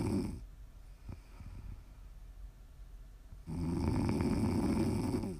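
Quiet breathing from an adult sleeper, then one loud, low, fluttering snore lasting about two seconds on the in-breath, made as ASMR snoring.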